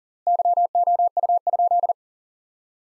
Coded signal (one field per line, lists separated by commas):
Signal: Morse code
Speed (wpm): 40 wpm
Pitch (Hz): 700 Hz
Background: none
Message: YOU?